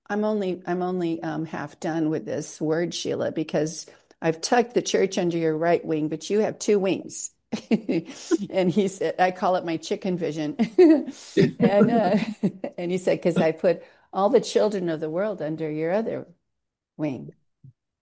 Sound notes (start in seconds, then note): 7.9 laughs; 11.3 laughs